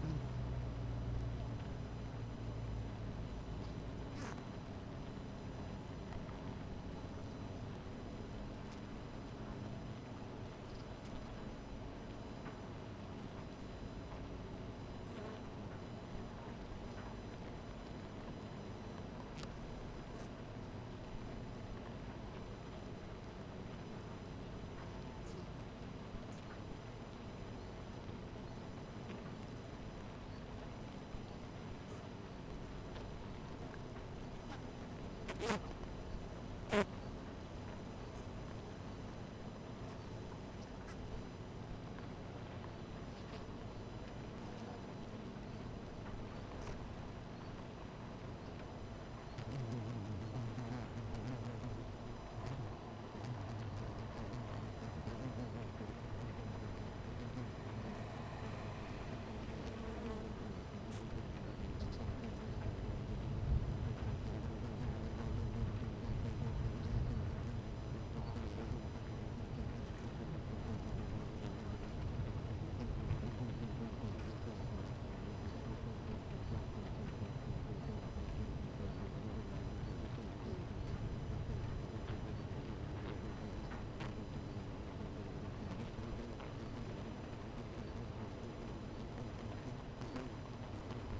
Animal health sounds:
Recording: honeybee colony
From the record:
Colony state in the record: missing queen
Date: 14 July 2017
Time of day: 11:54

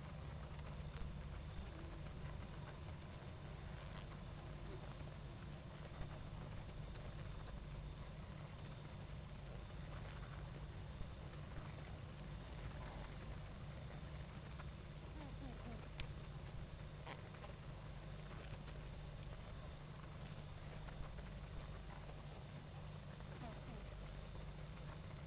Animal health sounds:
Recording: honeybee colony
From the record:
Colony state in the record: active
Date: 28 July 2017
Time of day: 20:15

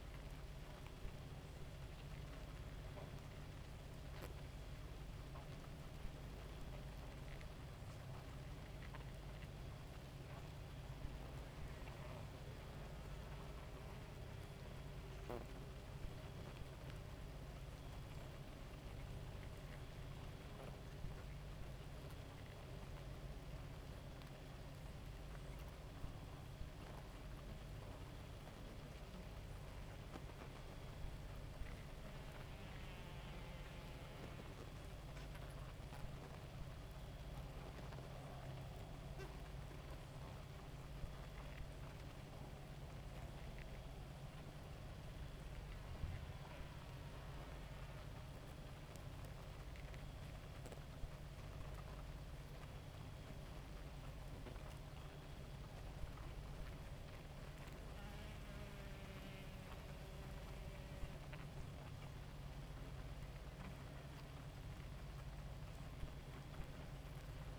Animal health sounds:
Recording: honeybee colony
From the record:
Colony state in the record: active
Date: 28 July 2017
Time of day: 2:28

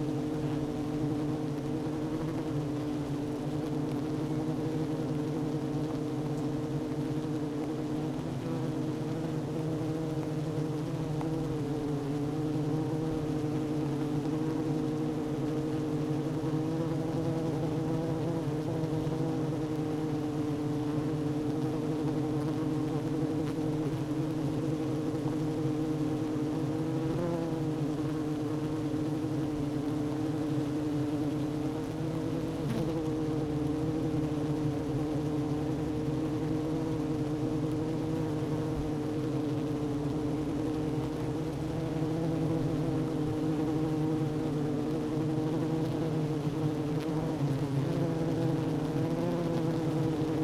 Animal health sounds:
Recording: honeybee colony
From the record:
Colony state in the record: active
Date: 12 June 2018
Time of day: 11:04

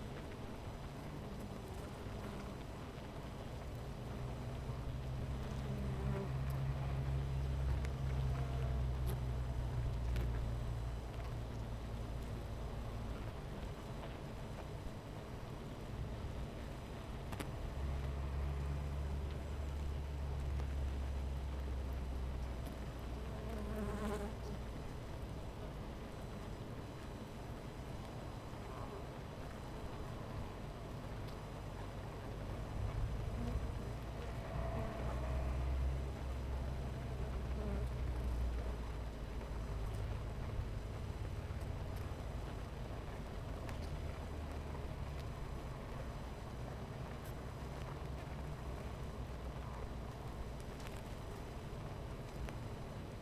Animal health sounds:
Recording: honeybee colony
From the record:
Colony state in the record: missing queen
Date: 14 July 2017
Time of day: 10:48

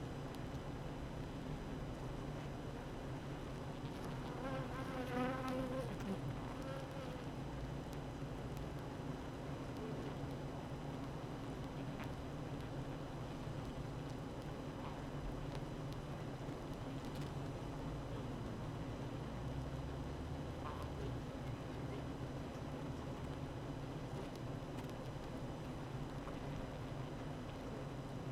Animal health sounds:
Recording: honeybee colony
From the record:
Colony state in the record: active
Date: 12 June 2018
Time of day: 8:16

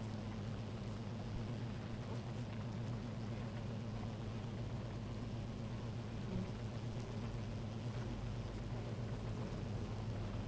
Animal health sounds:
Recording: honeybee colony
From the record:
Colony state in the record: active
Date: 28 July 2017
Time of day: 11:27

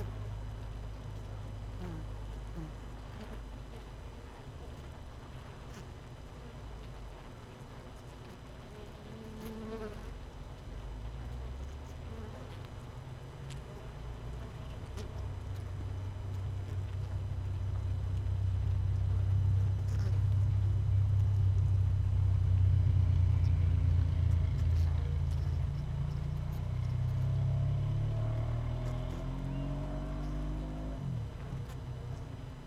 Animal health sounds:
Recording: honeybee colony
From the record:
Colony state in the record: missing queen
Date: 31 May 2018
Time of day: 18:08

